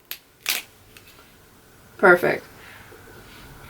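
A lens is pushed forward with the thumbs while two fingers pull the rim outward on a pair of Spy Discord plastic sunglasses, unseating it from the frame grooves. A sharp pop at 0.1 s marks the lens releasing from the frame, followed by softer handling clicks around 0.5 s and 1.0 s. Someone then talks briefly over faint background noise.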